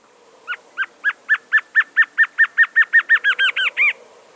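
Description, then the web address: Black-crested antshrike singing a quick series of many hooked notes that speeds up and rises slightly in pitch at the finish. South America. "Natures Songs S America Black-Crested Antshrike"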